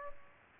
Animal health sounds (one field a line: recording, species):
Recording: mosquito wingbeat signal from an infrared sensor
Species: Aedes aegypti